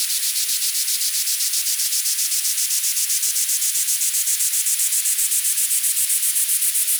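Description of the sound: Steady, fast pulsing high-pitched hiss, about 230 pulses a minute, centred near 10 kHz: a tinnitus therapy sound from the Electric Canyon Tinnitus Scrubber sound therapy device (version 4), tuned to 10 kHz.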